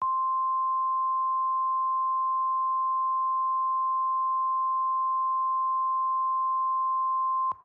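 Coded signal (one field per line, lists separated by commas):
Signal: Emergency Alert System (SAME) tones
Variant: 1050 Hz attention tone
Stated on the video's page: Simulated EAS scenario for a radioactive hazard, hastily made with many mistakes.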